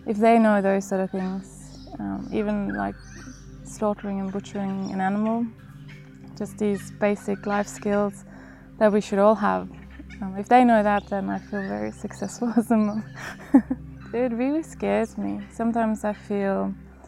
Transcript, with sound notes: if they know those sort of things, um, even like slaughtering and butchering an animal—just these basic life skills that we should all have. Um, if they know that, then I’ll feel very successful as a mum (laughs) It really scares me. Sometimes I feel